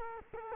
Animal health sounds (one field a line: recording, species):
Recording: mosquito wingbeat signal from an infrared sensor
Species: Culex quinquefasciatus